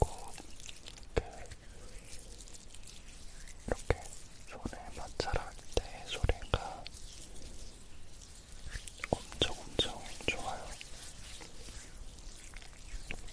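Body cream being rubbed on skin: wet squelches and sticky clicking smacks come irregularly throughout, busiest around the middle.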